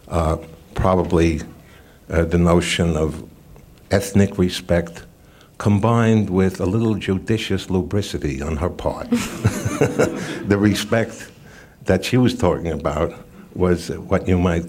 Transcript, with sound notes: probably the notion of ethnic respect, combined with a little judicious lubricity on her part.
(LAUGHTER)
The respect that she was talking about was what you might